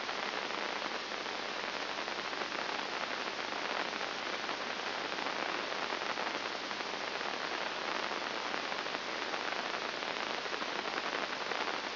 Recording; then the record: brain microelectrode recording played as sound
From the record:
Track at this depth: inside the subthalamic nucleus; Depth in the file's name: 1.904 mm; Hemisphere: left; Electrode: 2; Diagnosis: Parkinson's disease